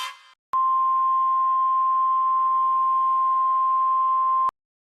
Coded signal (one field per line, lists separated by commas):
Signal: Emergency Alert System (SAME) tones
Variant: 1050 Hz attention tone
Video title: rating eas alarm part 1